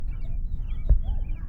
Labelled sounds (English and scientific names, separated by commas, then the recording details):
House Finch (Haemorhous mexicanus) song
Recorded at Oceanside on Long Island, New York, on 17 June 1975
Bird C